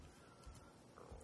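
Low, gurgling rumble lasting about a second from an adult man's abdomen: stomach growling (borborygmi), ordinary gut movement.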